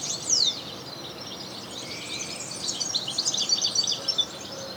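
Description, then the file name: European goldfinch calls: a sharp descending chirp opens, then thin high twitters and trills grow busier toward the end. "Carduelis carduelis"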